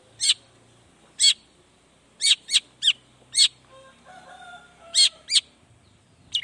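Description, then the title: Long-tailed shrike song of sharp, harsh high notes given singly or in pairs at irregular intervals, with faint lower whistled tones in between. Morning song of an actively singing (gacor) cendet with 'toet toet' sound variation; one play makes other cendet respond quickly and excitedly. "Langsung NYAUTTTTT ! Cendet Gacor Dor Di Kala Pagi Toet Toet Variasi Suara J. Cendet Gacor Langsung Nyaut Emosi Hanya dengan Sekali Putar Bikin Cendet Lainya Cepat Respon Bunyi"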